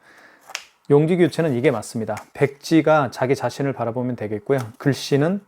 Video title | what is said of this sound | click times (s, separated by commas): KMC-C600Q 사용가이드 구매문의 1522-7221 | 소리가 날 겁니다. 딱 소리 나죠. | 0.5 s